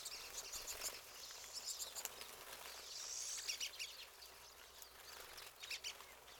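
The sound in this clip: Pine siskin calls, a drawn-out buzzy note around the middle amid constant high twittering chips from several birds.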